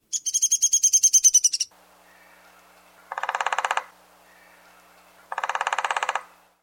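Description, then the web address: Downy woodpecker gives a high, sharp whinny of rapid notes that slides slightly downward, followed by two short bursts of rapid drumming about two seconds apart. "Thumbs Plus Zoo Field Guide Repository"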